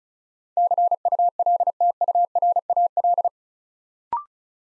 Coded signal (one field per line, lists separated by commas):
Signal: Morse code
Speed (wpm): 36 wpm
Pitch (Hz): 700 Hz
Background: none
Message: CULTURAL